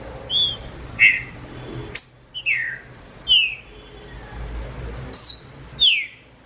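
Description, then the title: Green-winged saltator singing a series of slurred, downward-sweeping whistles spaced mostly half a second to a second apart, with one gap of about two seconds, bright and high, over a quiet low rumble. Wild bird in the bush, competing with another free bird. "Trinca Ferro NICÃ O No Mato Disputando Com Solto"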